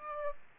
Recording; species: mosquito wingbeat signal from an infrared sensor; Aedes aegypti